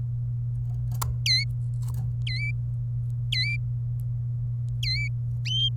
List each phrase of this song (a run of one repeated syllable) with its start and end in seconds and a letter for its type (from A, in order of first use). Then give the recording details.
1.26-1.44 A, 2.27-2.51 A, 3.32-3.56 A, 4.83-5.07 A. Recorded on 27 April 2018 at 14:24. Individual llb3